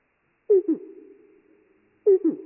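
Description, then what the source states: Marsh wren song, heavily slowed and deep: two short descending notes followed by a low buzzy trill, then the same double note returns. Slowed 8x; a bird with eastern genes singing western-type song; songs and genes indicate two marsh wren species in North America.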